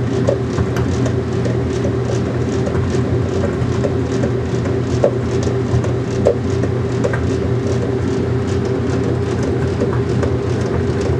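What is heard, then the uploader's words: A washing machine runs with a steady low hum and rumble, punctuated by faint irregular clicks and knocks throughout, loud. Sleep Sounds of the Washing Machine.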